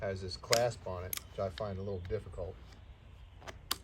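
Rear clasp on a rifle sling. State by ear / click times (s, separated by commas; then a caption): seated / 3.7 s. Someone talks about the metal clasp at the rear of a leather service-rifle sling, then closes it. A sharp click is heard at 3.7 seconds as the clasp locks in place.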